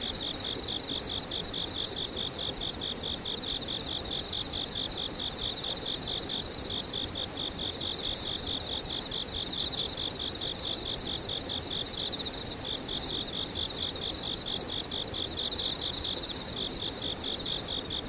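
Insects chirp continuously in high, rapid pulsed trills, several overlapping at different pitches, with one voice repeating in regular bursts about every second. The chorus stays steady throughout, over a soft low rumble of background noise.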